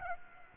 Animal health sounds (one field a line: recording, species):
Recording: mosquito wingbeat signal from an infrared sensor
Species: Aedes aegypti